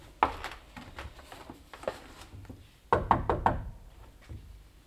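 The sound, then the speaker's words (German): Knocking on the wooden door of room number 5 along a hallway in two bursts: a few sharp raps, a pause, then a quicker group of four firm knocks, with faint background noise between. “Klopfen wir nochmal.”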